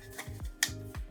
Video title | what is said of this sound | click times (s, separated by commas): The Ultimate Budget Single DIN Car Stereo? - Haudio S10C 10.1" Full Review & Install! | just slide in here. It'll snap in. | 0.6 s